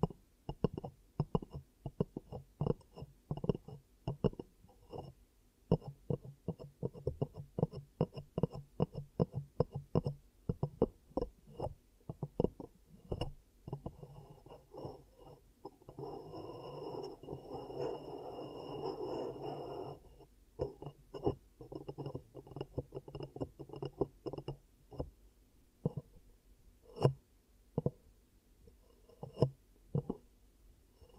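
Ear cupping triggers make rapid, muffled thumps and pats, swelling into a denser rubbing wash around 16–20 seconds before sparser taps resume.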